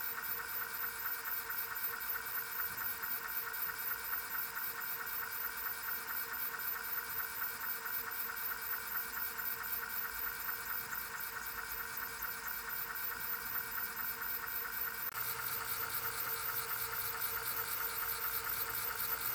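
A lidar platform spins with a steady, dense whirring hum and fast regular ticking, turning brighter and fuller around fifteen seconds.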